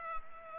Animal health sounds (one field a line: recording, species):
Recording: mosquito wingbeat signal from an infrared sensor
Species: Culex pipiens